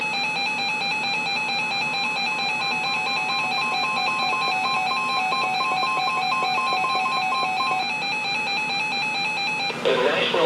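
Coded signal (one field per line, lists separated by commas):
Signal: none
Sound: music jingle tones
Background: speech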